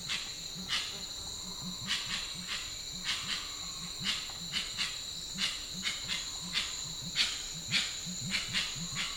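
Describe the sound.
Grey-winged trumpeter giving a fast series of deep, arched hooting notes, with sharp high clicky bursts and a steady high insect drone throughout.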